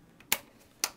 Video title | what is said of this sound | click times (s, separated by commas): Installing Vertical Blinds | just click into place over the end of this part of the valence like | 0.3 s, 0.8 s